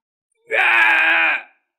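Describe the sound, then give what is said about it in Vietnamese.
A single loud, anguished howl of pain from the realm beast Ma La Tát, lasting about a second: a harsh, strained cry with rich upper harmonics that holds steady, then cuts off abruptly. “Giới thú Ma La Tát gào lên một tiếng đau đớn.”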